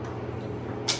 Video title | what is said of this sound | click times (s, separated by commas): CHFR - Airbnb - Lockbox Tutorial | You're going to hear a click, rotate it open by pulling it. | 0.9 s